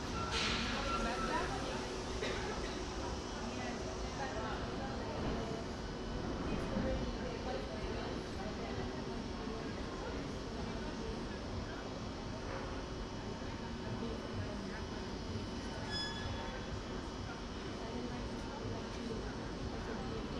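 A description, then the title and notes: Inside a metro train on the move, a steady low rumble and rattle fill the space for the whole stretch with little change in level. Voices murmur faintly, and a brief high squeal of wheels or brakes rises near the start. Metro Rotterdam Coolhaven - Schiedam Centrum.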